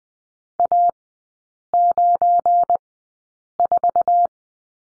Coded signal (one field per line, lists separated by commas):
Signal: Morse code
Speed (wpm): 20 wpm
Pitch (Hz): 700 Hz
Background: none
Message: A94